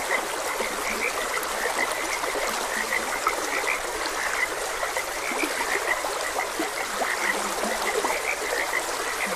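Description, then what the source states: Frogs croaking in a steady chorus, short high chirps repeating with occasional low croaks, over continuous rushing stream water. Several frogs croaking beside a gentle stream.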